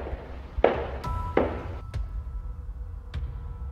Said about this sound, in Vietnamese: Ok, tiếng bước chân. Tiếng bước chân của tôi đâu thôi? Anh đạo diễn cho em tiếng bước chân đi.